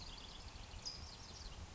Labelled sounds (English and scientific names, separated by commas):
California Towhee (Melozone crissalis)